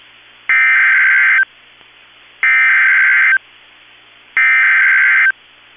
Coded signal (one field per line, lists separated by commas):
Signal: Emergency Alert System (SAME) tones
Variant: header bursts